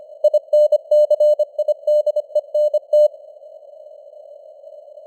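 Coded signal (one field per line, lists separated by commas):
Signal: Morse code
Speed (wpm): 25 wpm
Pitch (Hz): 600 Hz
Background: none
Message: INCIDENT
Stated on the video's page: 25 wpm Morse news headlines with simulated radio noise and varying signal strength (QSB), an experiment.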